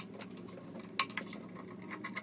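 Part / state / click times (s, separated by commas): sensor electrical connector into its socket on the intake / seated / 1.0 s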